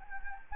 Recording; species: mosquito wingbeat signal from an infrared sensor; Anopheles arabiensis